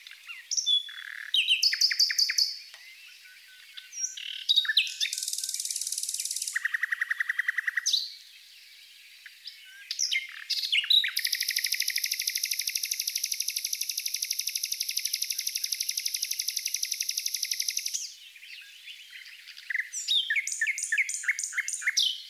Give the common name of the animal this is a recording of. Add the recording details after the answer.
Common Nightingale. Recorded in the wild. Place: St. Laurent des Arbres und Umgebung, FR. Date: 2008-05-15. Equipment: MiniDisc Sharp MT 20 H. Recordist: Schwarz, Dieter